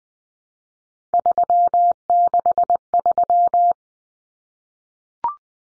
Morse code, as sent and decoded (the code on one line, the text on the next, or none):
...-- -.... ...--
363